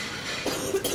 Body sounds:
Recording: coughing mixed with background sound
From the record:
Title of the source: 34 coughing up crap again

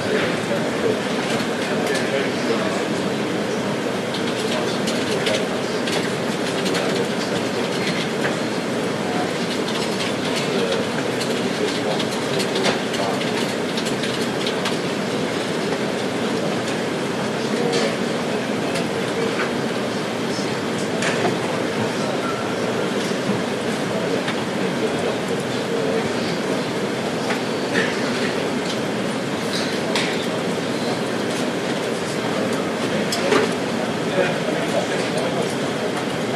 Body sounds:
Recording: background sound without coughing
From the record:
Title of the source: Office Sounds Ambience - Background Noise for Study and Work

